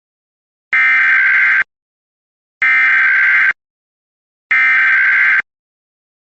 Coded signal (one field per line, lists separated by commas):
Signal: Emergency Alert System (SAME) tones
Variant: header bursts